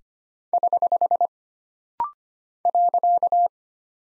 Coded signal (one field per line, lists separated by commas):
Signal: Morse code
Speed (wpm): 25 wpm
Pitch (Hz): 700 Hz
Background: none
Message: <HH> .